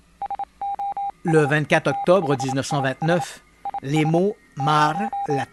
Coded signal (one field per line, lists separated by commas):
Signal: Morse code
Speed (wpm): 27 wpm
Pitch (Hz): 800 Hz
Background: speech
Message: SOS E THIS IS 0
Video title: Radio X-Files avec Christian Page - S03E23 - 19 février 2021 - Mars et les Martiens